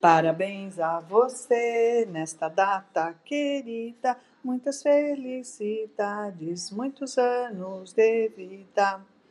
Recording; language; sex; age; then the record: short text; Brazilian Portuguese; female; 60 to 69 years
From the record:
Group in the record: control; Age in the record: 64 years